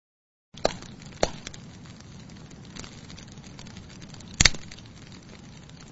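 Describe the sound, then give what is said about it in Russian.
A campfire at the edge of a forest crackles steadily with a soft, low roar, broken by a few sharp pops and snaps, including a louder burst of cracks near the end. No one speaks. “Мы сидели на границе леса у костра.”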